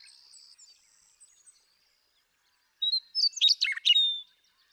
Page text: Birdsong for the Curious Naturalist. The joy of western meadowlark songs. Want to explore these western meadowlarks some more? Come along with me to Sierra Valley in eastern California where, during 2018, I just couldn't get enough of them